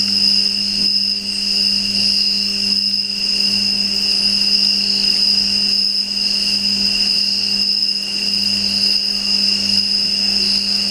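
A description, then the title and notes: Crickets trill in a steady, unbroken high whine through the night, over a constant low mechanical hum that never changes. The sound of Crickets at night time.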